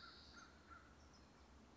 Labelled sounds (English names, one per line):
American Crow